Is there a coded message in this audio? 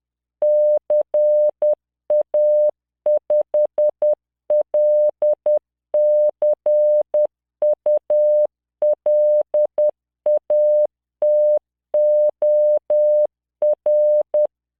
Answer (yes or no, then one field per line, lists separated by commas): yes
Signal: Morse code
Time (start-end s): 0.4-14.5 s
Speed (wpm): 10 wpm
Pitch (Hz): 600 Hz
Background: none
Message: CA5LCULATOR